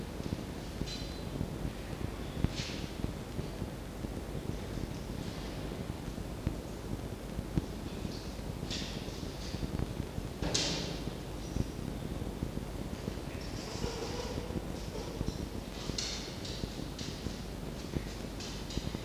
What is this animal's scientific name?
Vulpes vulpes